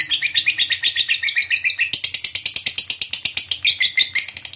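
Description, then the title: Lovebird chatter, a long run of rapid harsh pulsed notes, continuing unbroken throughout. Long, lively ngekek chatter. "LOVEBIRD NGEKEK PANJANG GACOR BIKIN LATAH"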